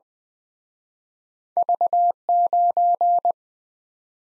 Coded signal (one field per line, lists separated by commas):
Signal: Morse code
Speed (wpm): 22 wpm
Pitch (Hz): 700 Hz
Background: none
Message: V9